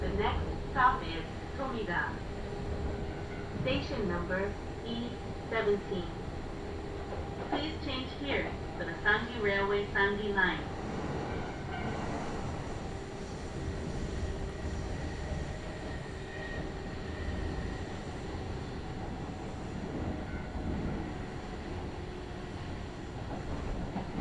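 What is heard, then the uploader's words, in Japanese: A Kintetsu Nagoya Line local train hums and rumbles steadily, with a voice and chime-like tones in the first half before plain running noise. 近鉄名古屋線各駅停車 川越富洲原→塩浜。車内はほぼガラガラです。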